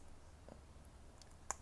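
The hinged plastic cover on the weapon of an S.H. Figuarts Kamen Rider Wizard Flame Style (Shinkocchou Seihou) action figure is closed back up. Several faint clicks come at about 0.5, 0.9, 1.2 and 1.3 seconds. A sharp snap at 1.5 seconds marks the cover clicking shut.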